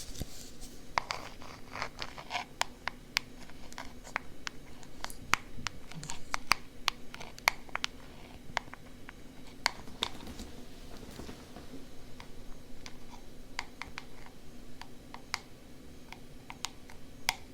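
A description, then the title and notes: Ear tapping and scratching, with sharp, crisp taps coming in quick irregular bursts over a steady low hum throughout. Ear Tapping & Scratching.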